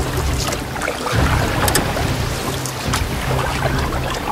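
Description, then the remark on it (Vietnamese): A boat being rowed across water toward the shore: steady sloshing with a low rumble underneath, broken by several sharp splashes as oars dip and pull. No one speaks. “Nhanh lên nào, chèo vào bờ thôi, nhanh lên.”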